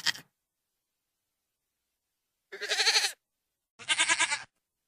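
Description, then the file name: Goat bleats, a short clipped bleat followed after a pause by two longer, wavering nasal bleats in quick succession. "Odglosy zwierzat -koza"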